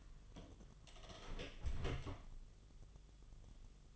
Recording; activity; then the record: daily activity, microphone in the room; close door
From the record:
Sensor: 4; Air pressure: 1005.7 hPa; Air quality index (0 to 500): 96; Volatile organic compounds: 2 ppm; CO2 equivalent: 1198 ppm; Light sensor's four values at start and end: 13/29/11/11 and 14/31/12/12